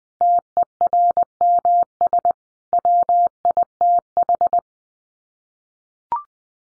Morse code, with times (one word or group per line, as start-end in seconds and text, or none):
0.2-2.3 TERMS
2.7-4.6 WITH